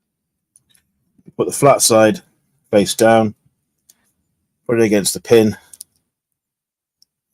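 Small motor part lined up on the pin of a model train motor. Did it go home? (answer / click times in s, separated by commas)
no / none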